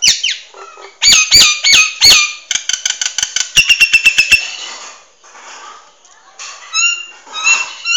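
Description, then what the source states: Nias hill myna calling in loud slurred whistles and rapid clicking rattles, followed by quieter gaps and a few clear whistled notes near the end. Noisy bird chattering continuously.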